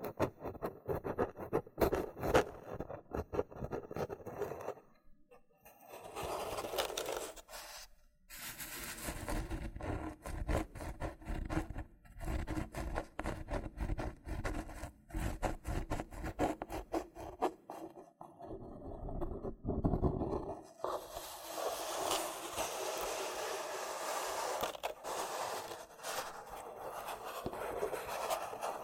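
Loofah triggers: dense, scratchy rubbing and peeling textures with quick crackles and pops running through most of the half minute. Brief quiet gaps fall near 5, 8 and 20 seconds, and after 21 seconds the sound turns brighter and more hissing and steady.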